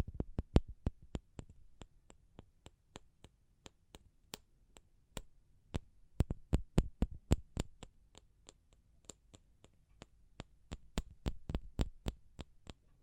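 Sharp, crisp taps, each a quick click with a faint dull knock beneath it. The pace shifts between sparse, slower strikes and quick bursts of rapid tapping, the tightest clusters arriving around the middle and toward the end. A low, quiet hum sits underneath throughout.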